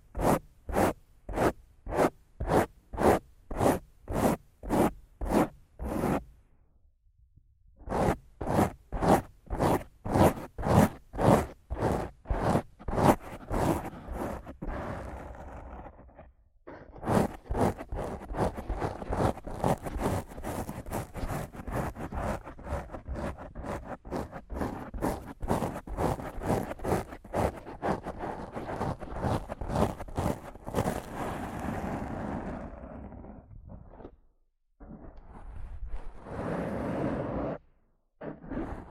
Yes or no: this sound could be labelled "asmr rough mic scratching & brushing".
yes